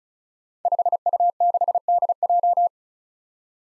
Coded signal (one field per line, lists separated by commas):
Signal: Morse code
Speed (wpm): 36 wpm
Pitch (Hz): 700 Hz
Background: none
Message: 5U6DJ